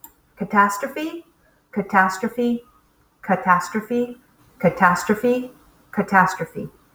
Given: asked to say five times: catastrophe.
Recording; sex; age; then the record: repeated word; female; 40 to 49 years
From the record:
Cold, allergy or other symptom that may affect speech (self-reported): no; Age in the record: 44 years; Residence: Massachusetts, United States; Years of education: 15